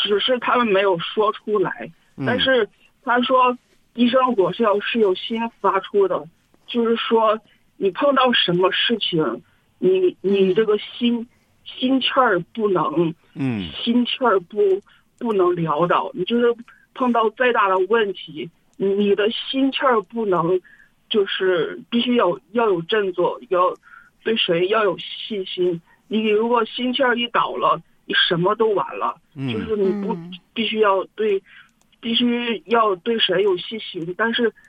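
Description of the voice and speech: An adult man speaking Mandarin over a telephone line, with word and phrase repetitions, drawn-out sounds and hesitant restarts, consistent with stuttering that makes him get stuck at key moments.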